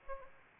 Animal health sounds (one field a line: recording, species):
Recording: mosquito wingbeat signal from an infrared sensor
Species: Anopheles arabiensis